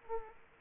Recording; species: mosquito wingbeat signal from an infrared sensor; Aedes aegypti